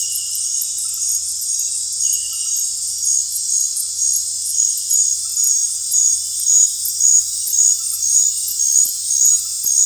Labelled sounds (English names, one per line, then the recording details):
none
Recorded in dense forest near Puerto Asís, Putumayo, Colombia, on 19 March 2025 at 19:30
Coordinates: 0.503, -76.323
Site GP09